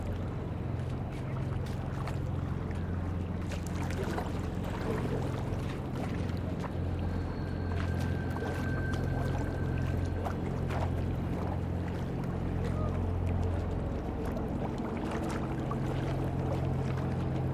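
River water laps steadily against stone steps, a constant, dense wash with small splashes throughout. A passing boat's low engine drone runs underneath nearly the whole time, and a faint thin whine appears briefly around the middle.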